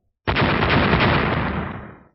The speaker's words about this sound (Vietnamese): Liên tiếp 10 tiếng nổ chấn động tất cả tu sĩ đạo thần tông